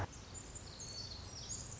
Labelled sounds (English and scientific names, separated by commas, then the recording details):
Pacific Wren (Troglodytes pacificus)
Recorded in Sonoma County, California